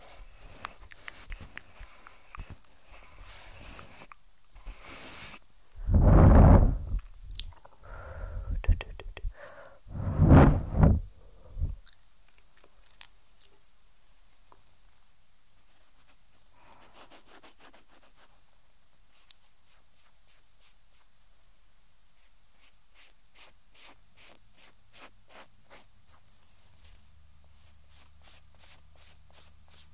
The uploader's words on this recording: ASMR EXTREMELY TINGLY Ear Cleaning Sounds.